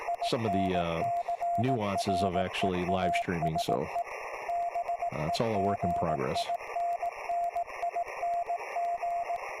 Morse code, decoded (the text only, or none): INCREASE BEGINNING